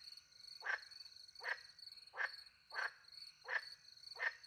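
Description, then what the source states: Frog producing clipped croaks at a brisk, fairly even pace, six in a row, beneath a persistent high cricket buzz. Frogs with crickets in countryside at night, France; microphones hidden in a tree close to a little pond; two Usi Pro microphones into a MixPre-10 II recorder.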